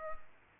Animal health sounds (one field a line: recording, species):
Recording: mosquito wingbeat signal from an infrared sensor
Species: Culex pipiens